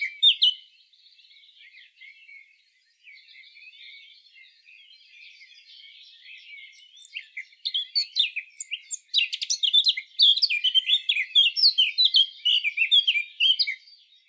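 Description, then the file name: Eurasian blackcap song: a long quiet, scratchy warble for several seconds, building into a loud, rapid series of clear, varied notes. "Sylvia atricapilla"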